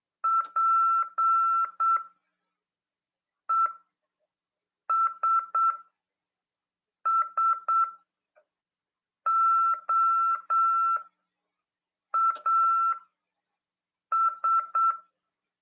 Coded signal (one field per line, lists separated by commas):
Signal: Morse code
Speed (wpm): 8 wpm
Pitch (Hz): 1340 Hz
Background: none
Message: PESSOAS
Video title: RADIOAMADOR "AULA 48 CW" 2ªED. 18/4/2022 "SORTEIO: RÁDIO OK no NATAL/BRASIL" PY2EXU PAULO HAM RADIO